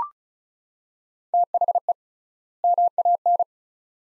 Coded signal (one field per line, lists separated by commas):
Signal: Morse code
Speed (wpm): 34 wpm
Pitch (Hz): 700 Hz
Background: none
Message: THE MAN